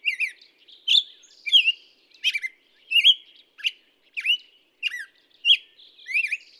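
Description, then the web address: Black-headed Grosbeak song, a run of rich whistled notes in quick succession, some rising and some falling. "birdsongforthecurious Black-headed Grosbeak"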